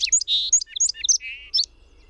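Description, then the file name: Song sparrow song: quick sharp high notes, a buzzy note, chips and a lower buzzy trill, then a final high note. Recorded 22 June 2001. "Song Sparrow PWSlough"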